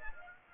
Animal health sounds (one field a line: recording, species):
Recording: mosquito wingbeat signal from an infrared sensor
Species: Aedes aegypti